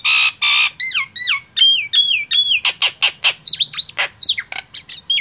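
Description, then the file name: Nias hill myna opening with two long nasal squawks, then a quick run of whistled down-slurs and harsh rising notes, fast and varied. "suara jalak nias"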